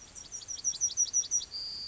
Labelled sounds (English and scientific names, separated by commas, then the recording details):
Yellowhammer (Emberiza citrinella) song
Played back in grassland
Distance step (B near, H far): E
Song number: 147